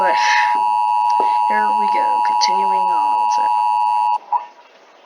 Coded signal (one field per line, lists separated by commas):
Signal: Emergency Alert System (SAME) tones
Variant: 853 and 960 Hz attention tone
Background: speech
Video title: Reacting To EAS Scenarios By HRW 200